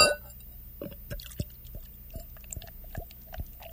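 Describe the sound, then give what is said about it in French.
A filtered beer being poured into a glass in a studio, heard as a series of soft, irregular glugs and liquid plops over a faint steady hum, with no talking. “On va se la couler cette bière et on va la regarder descendre.”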